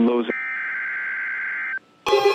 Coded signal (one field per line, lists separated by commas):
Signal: Emergency Alert System (SAME) tones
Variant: header bursts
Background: speech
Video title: WHERE WAS THE FLASH FLOOD WATCH?? EAS Alerts from 3/14 - 3/15! [EAS #2,072 - #2,085]